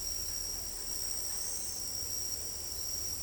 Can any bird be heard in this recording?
no